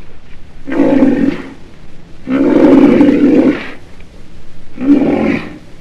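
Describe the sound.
Black rhinoceros giving three loud, harmonic bellowing calls, the middle one longest at over a second, with short gaps between.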